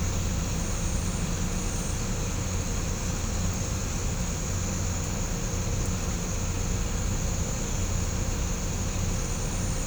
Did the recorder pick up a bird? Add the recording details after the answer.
no. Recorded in pastures near Puerto Asís, Putumayo, Colombia, on 18 December 2024 at 07:00. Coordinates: 0.505, -76.324. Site G063